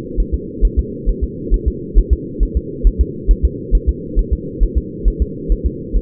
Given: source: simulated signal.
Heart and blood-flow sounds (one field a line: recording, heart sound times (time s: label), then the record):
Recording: fetal heart sounds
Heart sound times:
0.20 s: S1
0.34 s: S2
0.65 s: S1
0.79 s: S2
1.09 s: S1
1.23 s: S2
1.54 s: S1
1.68 s: S2
1.98 s: S1
2.13 s: S2
2.43 s: S1
2.57 s: S2
2.87 s: S1
3.01 s: S2
3.31 s: S1
3.45 s: S2
3.75 s: S1
3.89 s: S2
4.19 s: S1
4.33 s: S2
4.63 s: S1
4.77 s: S2
5.08 s: S1
5.22 s: S2
5.52 s: S1
5.66 s: S2
5.96 s: S1
From the record:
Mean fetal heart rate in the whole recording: 135 bpm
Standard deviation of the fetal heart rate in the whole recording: 3 bpm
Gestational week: 36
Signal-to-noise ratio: -4.1 dB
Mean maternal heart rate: no maternal heart sound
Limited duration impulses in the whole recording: absent